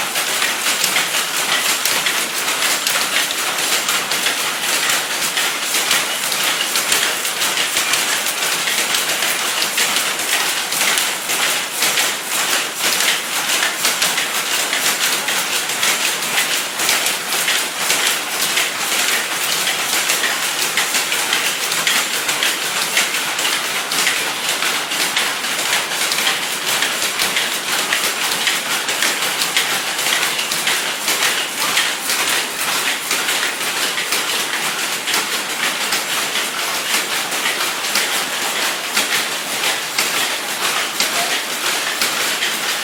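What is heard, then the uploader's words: Rows of punch-card silk looms clatter together in a dense, unbroken wash of rapid clicks and taps. The sound stays steady and bright for the whole stretch, with many machines overlapping so closely that the rhythm blurs into a continuous rattling hiss. Punch-card silk looms in Hanoi. A visit to a silk-making shop in Ha Dong, near Hanoi, Vietnam. The operators stand around most of the day, tending to rows of cool-looking Jacquard-style punch card looms.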